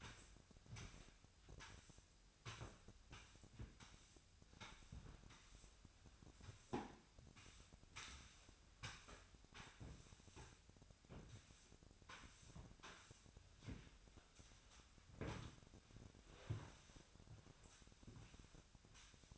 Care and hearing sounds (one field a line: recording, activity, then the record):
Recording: daily activity, microphone in the room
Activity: sweep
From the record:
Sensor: 2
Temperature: 25.5 degrees Celsius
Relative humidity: 38.8%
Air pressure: 1006.8 hPa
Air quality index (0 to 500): 198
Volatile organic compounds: 13 ppm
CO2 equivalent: 2426 ppm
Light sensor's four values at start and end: 9/21/9/9 and 9/21/9/9